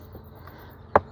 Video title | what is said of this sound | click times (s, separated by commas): Water leaking inside my car when my air-conditioning is on. #machinemods - Machine Mods | say how you hear it snap okay now that's secure | 1.0 s